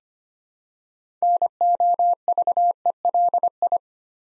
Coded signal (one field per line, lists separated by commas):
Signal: Morse code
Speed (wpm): 25 wpm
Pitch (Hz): 700 Hz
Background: none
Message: NOVELI